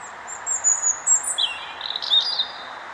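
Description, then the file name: European robin song: thin, high whistled notes followed by a lower, tumbling warbled phrase, over steady rushing background noise. "Erithacus rubecula"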